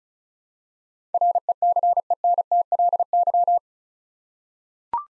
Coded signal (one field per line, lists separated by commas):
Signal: Morse code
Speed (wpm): 36 wpm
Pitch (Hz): 700 Hz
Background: none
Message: RECENTLY